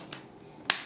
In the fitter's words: you want these tabs to snap into place